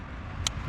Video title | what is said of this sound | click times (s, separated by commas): 2015 Honda CR V Spark Plug Replacement (Save $250 DIY) | There we go. Right click, stop. | 0.5 s